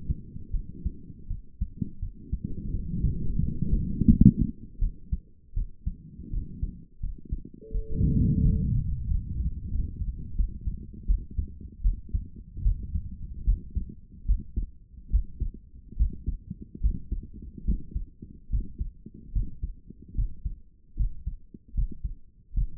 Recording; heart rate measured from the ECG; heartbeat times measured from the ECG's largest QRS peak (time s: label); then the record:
heart sounds by stethoscope; 79 bpm
0.50 s: heartbeat
1.27 s: heartbeat
1.99 s: heartbeat
2.71 s: heartbeat
3.40 s: heartbeat
4.07 s: heartbeat
4.79 s: heartbeat
5.54 s: heartbeat
6.30 s: heartbeat
7.00 s: heartbeat
7.71 s: heartbeat
8.42 s: heartbeat
9.07 s: heartbeat
9.70 s: heartbeat
10.35 s: heartbeat
11.05 s: heartbeat
11.81 s: heartbeat
12.62 s: heartbeat
13.44 s: heartbeat
14.26 s: heartbeat
15.10 s: heartbeat
15.97 s: heartbeat
16.81 s: heartbeat
17.65 s: heartbeat
18.50 s: heartbeat
19.33 s: heartbeat
20.15 s: heartbeat
20.97 s: heartbeat
21.75 s: heartbeat
22.54 s: heartbeat
From the record:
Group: healthy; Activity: rest 0-6 s, breath hold 6-23 s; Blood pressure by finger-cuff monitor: 130/66 mmHg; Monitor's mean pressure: 87 mmHg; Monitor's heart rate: 79 bpm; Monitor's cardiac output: 7.8 L/min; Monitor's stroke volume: 102 mL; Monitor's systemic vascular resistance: 810 dyn s/cm5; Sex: female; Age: 22 years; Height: 154 cm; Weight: 58.7 kg